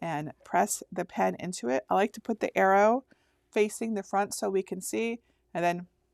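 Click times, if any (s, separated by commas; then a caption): none. A plastic pen is pressed down into the accessory clamp of a Cricut Maker cutting machine with its arrow facing the front, while someone talks throughout. Nothing has seated or clicked yet; the clip ends just before the pen snaps into place.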